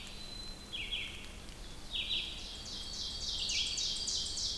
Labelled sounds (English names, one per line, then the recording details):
Red-eyed Vireo song
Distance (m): 40 m
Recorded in boreal forest in Alberta, Canada, on 2 June 2016 at 07:45
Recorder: SongMeter 3, array SBT-3-7
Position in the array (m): 101 m, 130 m